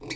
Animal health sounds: pig call; weaner (32 to 43 days)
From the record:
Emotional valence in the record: negative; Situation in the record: long isolation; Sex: female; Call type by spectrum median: low-frequency call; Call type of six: mixed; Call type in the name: high-frequency modulated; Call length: 0.15 s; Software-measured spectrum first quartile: 354 Hz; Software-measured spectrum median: 1867 Hz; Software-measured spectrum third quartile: 3477 Hz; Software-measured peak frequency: 316 Hz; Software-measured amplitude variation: 114 dB a second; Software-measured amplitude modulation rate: 22.5 a second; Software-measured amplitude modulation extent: 5.1 dB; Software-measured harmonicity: 3.4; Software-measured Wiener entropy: -3.15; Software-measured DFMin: 1262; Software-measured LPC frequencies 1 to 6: 2125, 2362, 4138, 4502, 5497, 6197 Hz

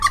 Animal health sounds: pig call; piglet (1 to 25 days)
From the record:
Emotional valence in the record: positive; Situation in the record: reunion after long isolation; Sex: male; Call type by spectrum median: low-frequency call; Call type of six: low-frequency tonal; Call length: 0.10 s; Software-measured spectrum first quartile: 1082 Hz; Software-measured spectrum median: 1500 Hz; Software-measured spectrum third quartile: 3173 Hz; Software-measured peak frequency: 1161 Hz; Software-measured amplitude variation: 194 dB a second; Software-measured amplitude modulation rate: 9.7 a second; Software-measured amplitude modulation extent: 20.1 dB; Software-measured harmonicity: 10.7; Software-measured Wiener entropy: -3.66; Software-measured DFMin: 747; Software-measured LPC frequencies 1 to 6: 1153, 1945, 3384, 4311, 5665, 6658 Hz

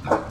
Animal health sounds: pig call; growing-finishing pig (85 days or more)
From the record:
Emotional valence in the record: positive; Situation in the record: run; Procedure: transit

